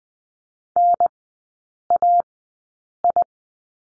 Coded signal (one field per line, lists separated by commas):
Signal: Morse code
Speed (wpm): 20 wpm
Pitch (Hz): 700 Hz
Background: none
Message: NAI